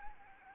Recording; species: mosquito wingbeat signal from an infrared sensor; Anopheles arabiensis